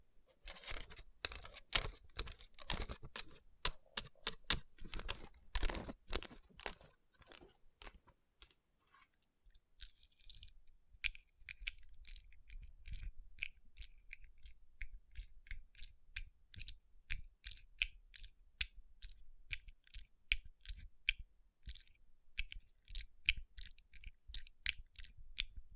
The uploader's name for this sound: Tapping & Rubbing Rhinestone Covered Palms